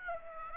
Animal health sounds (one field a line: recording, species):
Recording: mosquito wingbeat signal from an infrared sensor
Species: Aedes aegypti